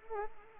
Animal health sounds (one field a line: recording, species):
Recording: mosquito wingbeat signal from an infrared sensor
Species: Anopheles arabiensis